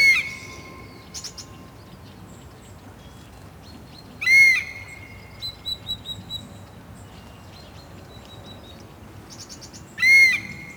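Birds call in a protected nature area, with a loud ringing whistled phrase at the start, again near 4.5 seconds and at 10 seconds. Softer chirps and quick twittering fill the gaps, over a low, steady rumble of background noise.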